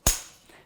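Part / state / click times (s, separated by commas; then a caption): handlebar locking collar on an electric scooter's folding handlebar / seated / 0.1 s. On a Glion Dolly XL electric scooter, the locking collar on the folding handlebar is pulled up until its locking mechanism locks into position. One sharp, loud click lands at 0.07 s and fades quickly into a quiet tail. The collar is seated and locked.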